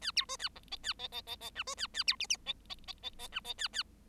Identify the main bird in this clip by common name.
Bengalese Finch